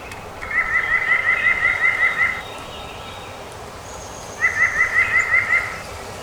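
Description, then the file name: White-breasted nuthatch singing two bursts of rapid, even, nasal notes on a level pitch, separated by a two-second pause, with a soft higher whistle between them. Songs recorded 2018-05-12. "2018-05-12 WBNU-12 Songs"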